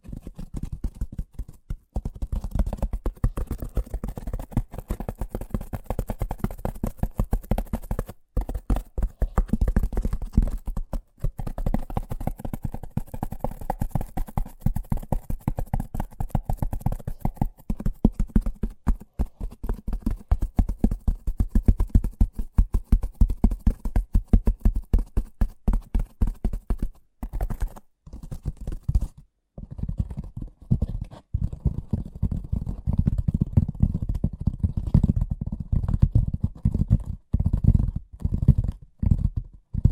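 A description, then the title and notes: Fast tapping runs nearly the whole way through, a dense, rapid patter of dull, low knocks with little brightness. The rhythm breaks briefly around 8, 11 and 27–30 seconds, and the final stretch sounds heavier and lower than the middle. ASMR Braingasm Inducing Fast Tapping (No Talking).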